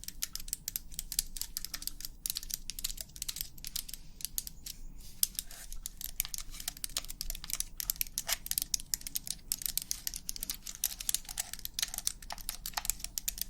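Rapid, irregular tapping clicks run throughout like typing on a keyboard, crisp and bright, with a steady low hum underneath and a brief pause near five seconds.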